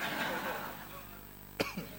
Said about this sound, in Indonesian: Batuk tuh.